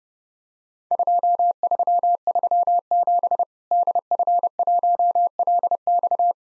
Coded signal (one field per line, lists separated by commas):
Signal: Morse code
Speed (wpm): 30 wpm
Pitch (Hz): 700 Hz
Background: none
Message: 2337 DF1LX